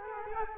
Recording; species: mosquito wingbeat signal from an infrared sensor; Culex quinquefasciatus